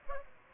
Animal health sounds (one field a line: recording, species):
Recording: mosquito wingbeat signal from an infrared sensor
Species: Aedes aegypti